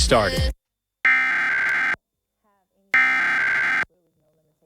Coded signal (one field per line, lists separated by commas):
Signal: Emergency Alert System (SAME) tones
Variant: header bursts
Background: speech